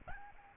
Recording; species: mosquito wingbeat signal from an infrared sensor; Aedes albopictus